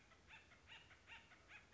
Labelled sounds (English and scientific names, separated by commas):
Acorn Woodpecker (Melanerpes formicivorus)